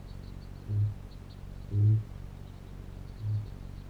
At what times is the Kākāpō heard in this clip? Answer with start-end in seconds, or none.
0.57-1.09, 1.54-2.15, 3.12-3.51